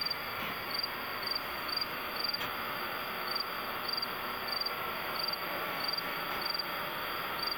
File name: montana cricket